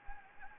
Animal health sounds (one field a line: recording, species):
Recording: mosquito wingbeat signal from an infrared sensor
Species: Anopheles gambiae